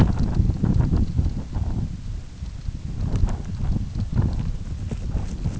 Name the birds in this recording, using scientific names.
none